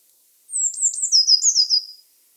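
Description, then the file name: Eurasian blue tit uttering a single high, thin call, a few sharp descending notes flowing into a buzzy trill about one and a half seconds long. "Cyanistes caeruleus"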